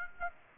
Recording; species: mosquito wingbeat signal from an infrared sensor; Aedes aegypti